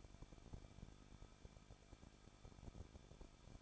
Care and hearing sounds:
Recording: daily activity, microphone in the room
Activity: no activity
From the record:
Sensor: 5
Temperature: 20.9 degrees Celsius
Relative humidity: 38.2%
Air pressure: 1006.4 hPa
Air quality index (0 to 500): 187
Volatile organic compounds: 18 ppm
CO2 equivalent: 2621 ppm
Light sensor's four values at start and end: 2/3/1/1 and 2/3/1/1

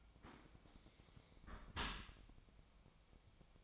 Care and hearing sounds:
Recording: daily activity, microphone in the room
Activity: close dishwasher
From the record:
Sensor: 1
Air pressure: 1003.1 hPa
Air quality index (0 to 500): 196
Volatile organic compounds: 6 ppm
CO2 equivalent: 1877 ppm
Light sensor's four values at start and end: 20/50/21/25 and 20/50/21/25

